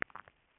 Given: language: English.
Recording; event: throat vibration sensor signal played as sound; swallow